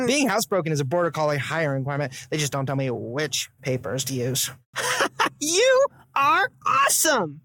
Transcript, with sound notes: Being Housebroken is a border collie hiring requirement. They jus' didn't say what papers t'use.
[LAUGHS] You. Are awesome.